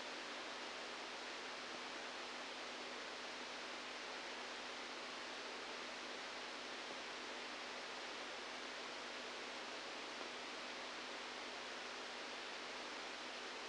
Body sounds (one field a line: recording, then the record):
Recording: brain microelectrode recording played as sound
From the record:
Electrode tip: outside the subthalamic nucleus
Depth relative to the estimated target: 0 mm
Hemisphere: right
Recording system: NeuroSet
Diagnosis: Parkinson's disease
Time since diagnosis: 7 years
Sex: male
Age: 69 years